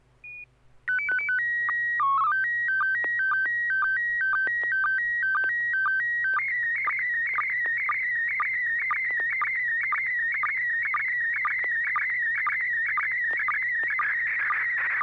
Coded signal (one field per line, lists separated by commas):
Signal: SSTV (slow-scan television)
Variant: PD 120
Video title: N6NA SSTV Net - 03/15/2023